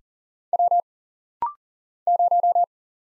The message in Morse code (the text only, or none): W 0